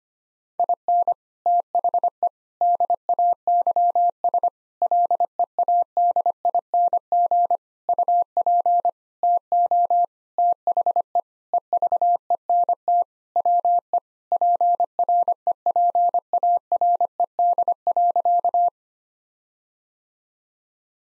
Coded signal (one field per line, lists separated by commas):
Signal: Morse code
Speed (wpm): 25 wpm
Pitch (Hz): 700 Hz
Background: none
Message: IN THE DAYS LEADING UP TO THE EVENT WE PREPARED.